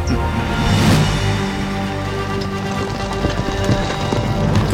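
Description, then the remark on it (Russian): A dense, continuous rumble of about two thousand horses galloping at night, each ridden by a royal guard, hooves pounding steadily and loudly throughout with no pauses, layered over a low sustained drone. “Две тысячи лошадей скакали в ночи.”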